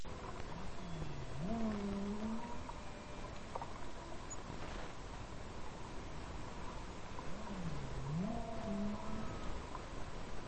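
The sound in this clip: Whale song: low rising and falling moans repeated twice, each swooping up, with a faint higher tone above, in constant hissing underwater noise.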